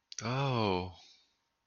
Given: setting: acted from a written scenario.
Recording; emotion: vocal sound without words; sympathy